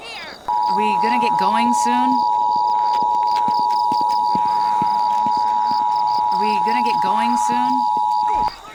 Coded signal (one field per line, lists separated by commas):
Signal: Emergency Alert System (SAME) tones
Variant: 853 and 960 Hz attention tone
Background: speech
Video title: THE AWAKENING... a eas scenario recreation